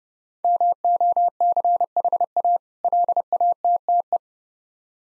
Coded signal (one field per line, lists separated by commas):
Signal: Morse code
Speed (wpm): 30 wpm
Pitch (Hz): 700 Hz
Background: none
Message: MOCHA LATTE